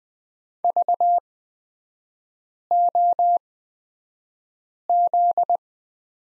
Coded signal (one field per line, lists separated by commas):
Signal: Morse code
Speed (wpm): 20 wpm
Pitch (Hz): 700 Hz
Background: none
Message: VOZ